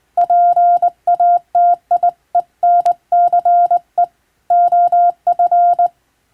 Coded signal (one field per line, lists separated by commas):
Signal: Morse code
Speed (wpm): 21 wpm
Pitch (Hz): 700 Hz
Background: none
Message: PATIENCE OF